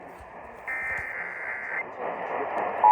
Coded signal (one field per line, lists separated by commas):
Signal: Emergency Alert System (SAME) tones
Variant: header bursts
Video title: EAS #2713 PDS TORNADO WARNING ON WLAC-AM